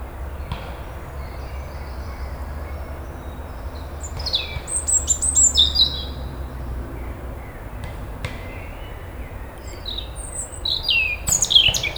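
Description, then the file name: European robin song: short phrases of high, thin whistles and scratchy twittering, given in bursts with gaps, plus sharp clicks and a low background rumble. "Erithacus rubecula"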